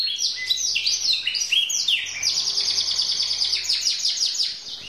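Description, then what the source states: Canary song of loud, rapid sweeping notes that run into a long, fast buzzy trill, sustained and high-pitched throughout. Champion singing canary.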